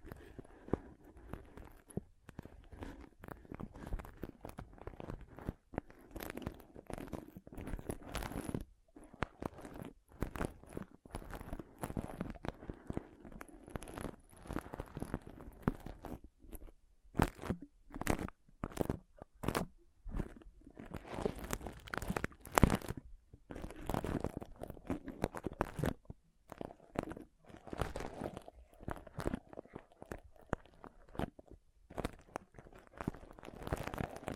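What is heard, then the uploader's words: Pom pom tingles: a soft, crinkly rustling that comes in quick irregular bursts, like fluffy fibers being squeezed and brushed. Dense, crunchy stretches alternate with brief near-silent gaps, with sharper crackles toward the middle and a faint high whine early on. ASMR Ultimate Pom Pom Tingles (No Talking).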